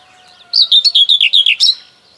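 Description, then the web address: Common whitethroat song: a tight burst of about nine chirpy, falling notes ending in a higher scratchy note, over a hushed background. "Kurs PTTK Przyroda Ptaki Cierniówka"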